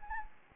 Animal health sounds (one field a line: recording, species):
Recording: mosquito wingbeat signal from an infrared sensor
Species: Anopheles gambiae